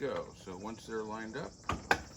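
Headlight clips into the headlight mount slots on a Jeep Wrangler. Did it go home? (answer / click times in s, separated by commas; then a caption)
yes / 1.9 s. Someone talks, then the headlight assembly on a Jeep Wrangler JKU is pushed in, and its retaining clips snap into the slots of the headlight mount. A sharp snap sounds at 1.9 s, and the headlight is seated.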